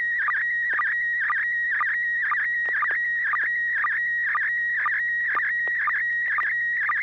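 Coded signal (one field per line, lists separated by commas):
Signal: SSTV (slow-scan television)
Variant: PD mode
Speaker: okay there we go uh this is going to be pd220 n6 [Music] pgq e e I d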